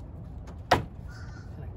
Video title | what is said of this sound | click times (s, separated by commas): How To Replace Chevy HHR Cooling Fan A/C FIX | okay make sure you got it lined up and it clicks | 0.7 s